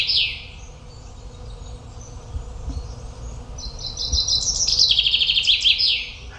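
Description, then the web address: Common chaffinch song: a brief high note at the start, a quiet pause, then a rapid series of repeated notes in several stepped phrases over about two and a half seconds. "Deverinetal"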